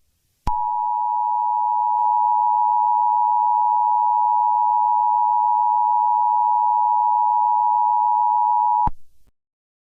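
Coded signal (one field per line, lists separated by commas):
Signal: Emergency Alert System (SAME) tones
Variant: 853 and 960 Hz attention tone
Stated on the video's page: Simulated EAS scenario, not a real broadcast alert.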